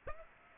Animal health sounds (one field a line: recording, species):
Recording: mosquito wingbeat signal from an infrared sensor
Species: Aedes aegypti